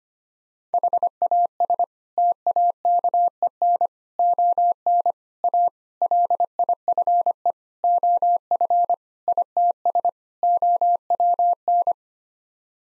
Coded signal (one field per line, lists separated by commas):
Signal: Morse code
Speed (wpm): 25 wpm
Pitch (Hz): 700 Hz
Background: none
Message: HAS TAKEN ON A LIFE OF ITS OWN